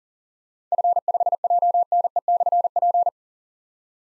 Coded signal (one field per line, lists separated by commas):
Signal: Morse code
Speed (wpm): 40 wpm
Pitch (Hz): 700 Hz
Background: none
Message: F5JNE/P